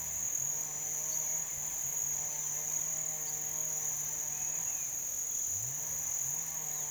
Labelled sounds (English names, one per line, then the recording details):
none
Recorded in pastures near Puerto Asís, Putumayo, Colombia, on 22 June 2025 at 08:00
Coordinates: 0.486, -76.323
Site H29